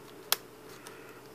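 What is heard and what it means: A plastic Shift keycap on a PowerBook G4 "TiBook" laptop keyboard is pushed slightly past its scissor mechanism and pulled back until it locks into place. A sharp, bright plastic snap at 0.3 s seats the keycap onto the scissor mechanism, followed by a faint tick at 0.9 s. The key is seated.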